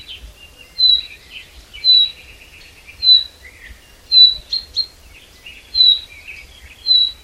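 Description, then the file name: Common chaffinch giving sharp, high single notes roughly every second, while quieter chattering notes fill the gaps. "Fringilla coelebs"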